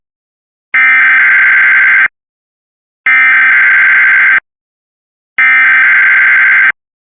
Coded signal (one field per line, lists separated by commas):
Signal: Emergency Alert System (SAME) tones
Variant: header bursts